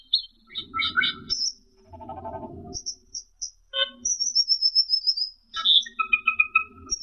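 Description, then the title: Asian glossy starling song: varied bright whistles, squeaky high notes and a long descending thin whistle, with short bursts of low rough murmuring between phrases. "Suara Burung Cucak keling"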